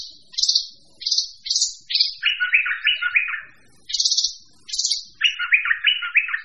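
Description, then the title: Bird song: a few high, clipped chirps followed by a run of lower, rapid warbled notes, the whole phrase repeated twice. Mixed birds. "manuk campur"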